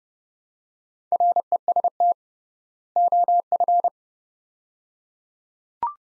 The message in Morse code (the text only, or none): REST OF